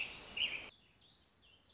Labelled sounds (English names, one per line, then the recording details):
Warbling Vireo
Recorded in Sonoma County, California